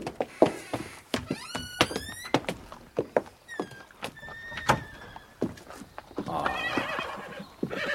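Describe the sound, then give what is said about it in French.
Horses waiting at a carriage: a horse whinnies in high, wavering bursts while hooves clop unevenly on a hard surface, with sharp knocking steps throughout and a rougher, noisier stretch toward the end. “Mes chevaux, Bertuccio. Ils sont à la voiture, Excellence.”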